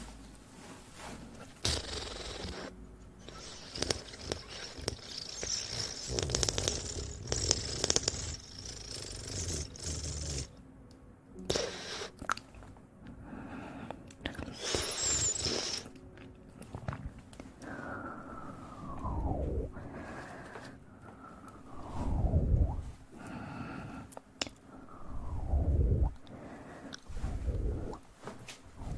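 Wet, sticky ear massage sounds with aloe vera gel, squishing and scraping in dense, irregular bursts throughout. Low rubbing presses thump underneath, and after about seventeen seconds several slow, descending squelches sweep down, roughly every three seconds.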